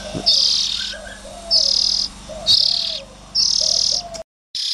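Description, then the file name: Oriental magpie-robin making loud, raspy, hissing bursts in a series, with a low humming background and brief soft notes beneath. Young Oriental magpie-robins (chích chòe than non). "Tieng chim chich choe than non"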